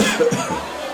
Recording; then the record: coughing mixed with background sound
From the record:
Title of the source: Spring Cold Coughing.